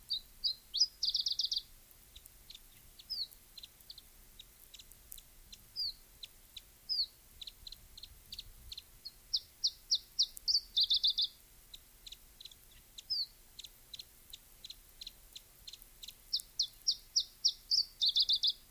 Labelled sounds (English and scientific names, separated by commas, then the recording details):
Iberian Chiffchaff (Phylloscopus ibericus)
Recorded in the wild
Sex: male
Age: adult
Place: Bei Molinar, Nordspanien, Baskenland, ES
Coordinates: 43.2167, -3.28333
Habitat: mountain side
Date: 1964-05-05 16:40
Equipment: Nagra III PH, Parabolspiegelmikrophon, LGS26
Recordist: Schneider, Hans-Joachim